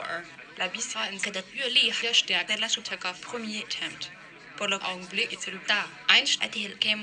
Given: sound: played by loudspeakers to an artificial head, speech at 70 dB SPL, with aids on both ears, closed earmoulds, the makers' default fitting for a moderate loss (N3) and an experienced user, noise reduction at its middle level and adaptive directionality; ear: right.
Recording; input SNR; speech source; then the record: speech test signal (ISTS) in cocktail-party noise; +9 dB; on the right (90 degrees)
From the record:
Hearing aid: class 2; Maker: G